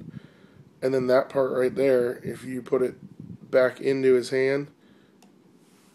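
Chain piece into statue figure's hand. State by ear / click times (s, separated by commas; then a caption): seated / 5.2 s. A chain piece from a Sideshow Collectibles exclusive Tracker Predator maquette is pushed back into the figure's hand while someone talks. After the talking stops, a faint, brief click is heard at 5.2 s as the chain piece seats back in the hand.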